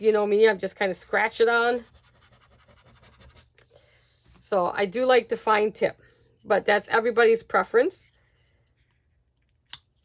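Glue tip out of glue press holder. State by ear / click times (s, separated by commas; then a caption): released / 9.7 s. Someone talks, then a plastic glue tip pops out of a glue press holder with a short, sharp click at 9.7 s, released before it is swapped for the fine tip. Faint scratching and small ticks are heard between the stretches of speech.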